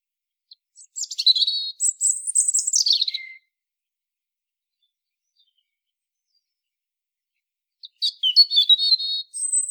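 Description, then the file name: European robin sings a liquid phrase of high trilled notes and a long wavering whistle ending in a drop, then after a pause starts another thin twittering phrase. "Erithacus rubecula"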